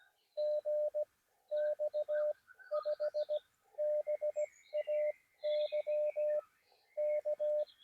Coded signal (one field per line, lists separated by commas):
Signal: Morse code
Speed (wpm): 15 wpm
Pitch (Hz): 620 Hz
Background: none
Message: GX5BAY K